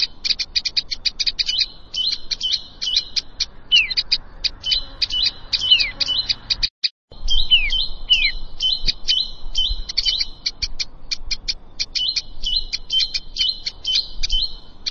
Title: Ciblek Sawah